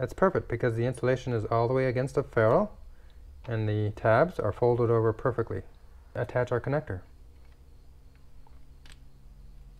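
Someone talks about a crimped pin on a solar cable, with its insulation all the way against the ferrule and its tabs folded over, before it goes into a plastic MC4 connector housing. After the talking stops, faint handling ticks come at about 8.2, 8.5 and 8.9 seconds. Nothing has seated or clicked into the housing yet.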